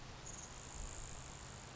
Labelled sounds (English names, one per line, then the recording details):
Grasshopper Sparrow
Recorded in Sonoma County, California